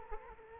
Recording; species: mosquito wingbeat signal from an infrared sensor; Culex quinquefasciatus